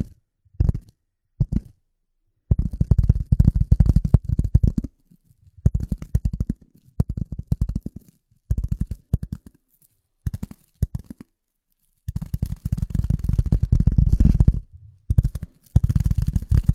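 Rapid tapping comes in bursts of dense, rattling clicks, heavy in the low end with a crisp, crackly edge on top. The runs last from a fraction of a second to about two seconds, separated by short stretches of complete silence, and the longest run falls near the middle.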